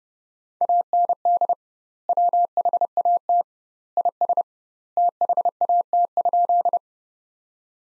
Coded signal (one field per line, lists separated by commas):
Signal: Morse code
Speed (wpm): 32 wpm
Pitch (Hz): 700 Hz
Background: none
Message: AND WHAT IS THAT?